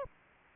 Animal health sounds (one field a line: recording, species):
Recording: mosquito wingbeat signal from an infrared sensor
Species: Aedes aegypti